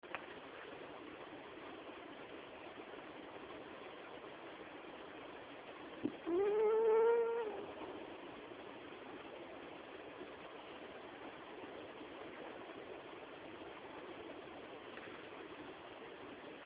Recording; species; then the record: mosquito flight sound by mobile phone; Anopheles gambiae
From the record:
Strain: Kisumu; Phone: Samsung T209